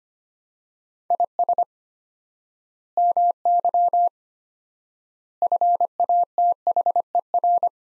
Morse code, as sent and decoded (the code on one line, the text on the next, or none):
.. ... / -- -.-- / ..-. .- - .... . .-.
IS MY FATHER